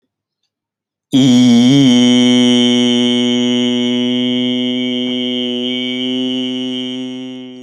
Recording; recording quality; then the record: sustained vowel as in beet; excellent, no background noise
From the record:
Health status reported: healthy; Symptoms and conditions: none ticked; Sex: male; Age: 37 years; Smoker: yes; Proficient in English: yes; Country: India